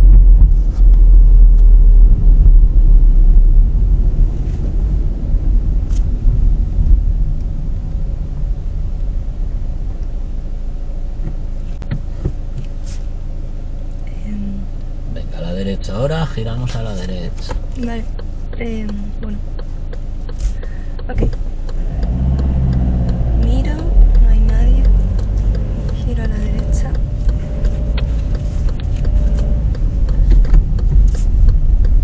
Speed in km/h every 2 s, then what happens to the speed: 29, 26, 17, 8, 0, 0, 0, 0, 0, 0, 0, 12, 14, 15, 14, 14.
0-8 brakes to 0. 8-20 standing. 20-22 pulls away to 12. 22-32 steady at about 14.